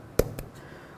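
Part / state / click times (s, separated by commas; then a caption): door lock rod into exterior door handle clip / seated / 0.2 s. A door lock rod on a 1988-2000 Chevy K1500 is slid into the plastic retaining clip on a brand-new exterior door handle, giving a sharp click at 0.2 s followed by a softer tick at 0.4 s over quiet background. The rod is seated in the clip, ready to be wiggled to check that it is secure.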